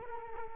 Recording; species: mosquito wingbeat signal from an infrared sensor; Culex quinquefasciatus